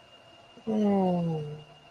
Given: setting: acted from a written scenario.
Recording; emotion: vocal sound without words; ecstasy